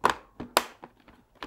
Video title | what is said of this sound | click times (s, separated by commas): How to change a visor: Nolan N60-6 motorcycle helmet | that clicks into place let's do the same on the other side top lug under | 0.6 s